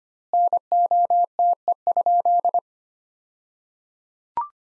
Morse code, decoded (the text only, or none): NOTE?